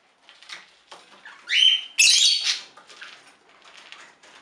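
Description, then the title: Budgerigar calls, a couple of loud harsh squawks in the middle with softer chattering warbles before and after. "Budgie Sounds"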